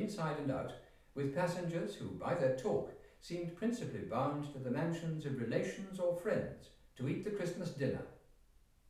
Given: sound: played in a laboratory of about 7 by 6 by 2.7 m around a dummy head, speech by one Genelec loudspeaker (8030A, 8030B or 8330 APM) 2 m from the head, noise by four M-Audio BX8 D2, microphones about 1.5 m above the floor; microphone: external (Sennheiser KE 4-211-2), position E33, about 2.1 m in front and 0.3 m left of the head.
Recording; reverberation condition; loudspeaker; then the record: male speech in English; medium; 120 degrees to the left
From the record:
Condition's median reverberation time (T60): about 510 ms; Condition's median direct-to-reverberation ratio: about -0.5 dB